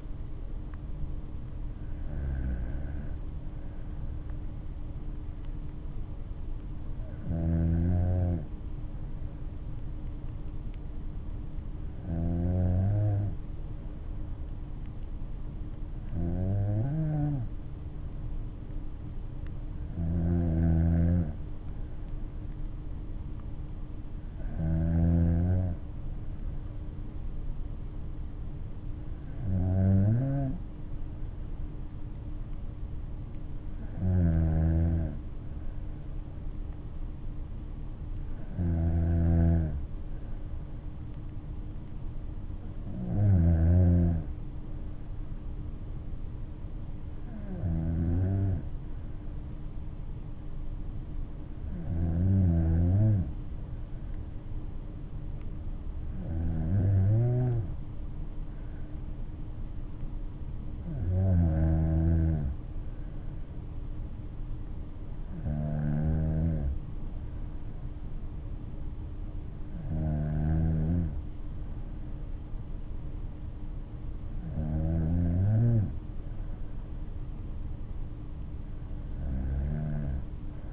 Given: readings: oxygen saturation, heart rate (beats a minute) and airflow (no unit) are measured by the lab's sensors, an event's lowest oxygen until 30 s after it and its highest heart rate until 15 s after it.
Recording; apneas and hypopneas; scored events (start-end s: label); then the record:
breathing in sleep by a smartphone at the bedside; none
62.00-80.73 s: new sleep stage, N3 (deep sleep)
From the record:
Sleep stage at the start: N2 (light sleep); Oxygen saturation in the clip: 94 to 95%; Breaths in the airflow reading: 18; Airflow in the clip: -8.1 to 5.8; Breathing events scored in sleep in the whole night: 228 in 5.4 hours asleep